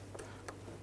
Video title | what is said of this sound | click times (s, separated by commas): How to Replace Engine Knock Sensor 2017-2020 Hyundai Elantra 2.0L L4 | Push it on. You're going to hear it and feel it click in. | 0.5 s